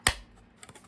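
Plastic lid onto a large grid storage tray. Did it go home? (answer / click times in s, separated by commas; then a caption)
yes / 0.1 s. The plastic lid of a large grid storage tray is set into its track and pushed down, giving one sharp, bright snap at 0.1 s as it snaps and locks into place, after an earlier try came off because it was not in the track. A few faint small clicks follow around 0.6–0.8 s.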